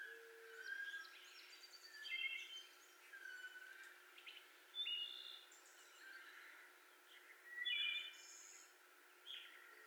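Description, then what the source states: Wood Thrush song, a run of varied flute-like phrases and shimmering high trills repeated every couple of seconds, with a brief low hollow note at the start. 18 May 2021.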